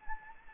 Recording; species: mosquito wingbeat signal from an infrared sensor; Anopheles arabiensis